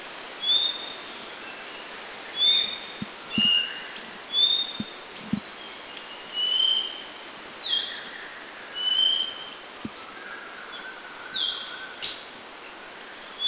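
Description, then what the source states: Spot-necked babbler repeating short, clear whistled notes roughly every one to two seconds, with faint softer whistles and a few low taps against constant background hiss. Laos.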